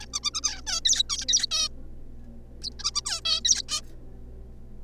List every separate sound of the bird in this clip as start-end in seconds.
0.01-0.06, 0.14-0.19, 0.23-0.30, 0.34-0.41, 0.43-0.61, 0.67-0.80, 0.85-1.03, 1.09-1.25, 1.29-1.46, 1.51-1.68, 2.62-2.70, 2.79-2.90, 2.95-3.02, 3.05-3.20, 3.25-3.40, 3.44-3.62, 3.69-3.81